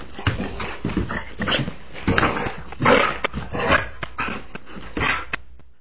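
Dog growling in rough, throaty bursts that come unevenly over about five seconds, with short breaks between rumbles.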